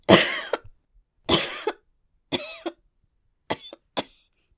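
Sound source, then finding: Adult woman. Cough.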